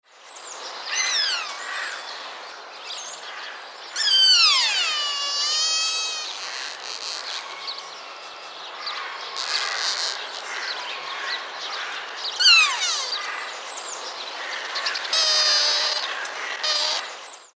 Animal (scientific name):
Cervus nippon